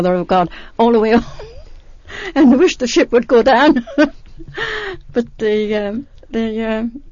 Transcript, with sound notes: Mother of God" all the way over and wish the ship would go (she laughs) But the, the,